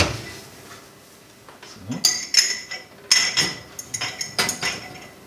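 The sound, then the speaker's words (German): Sterilized grill tongs clink and scrape against a glass jar as it is lifted out to be filled, a few bright ringing taps in uneven bursts over a quiet hiss, with no talking. “Ich hole jetzt ein Glas raus und dann werde ich mal gucken, dass ich das befüllen kann.”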